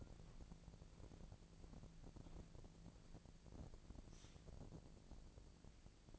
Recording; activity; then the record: daily activity, microphone in the room; walk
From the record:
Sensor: 5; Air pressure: 1012.3 hPa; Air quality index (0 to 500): 157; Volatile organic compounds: 2 ppm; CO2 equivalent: 1076 ppm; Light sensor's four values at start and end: 347/836/357/398 and 348/838/358/400